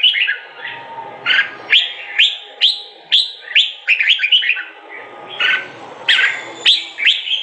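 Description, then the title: Sooty-headed bulbul song of sharp, quick chirps and short bubbling phrases, repeated irregularly, over a faint background hiss and rumble. "Kutilang"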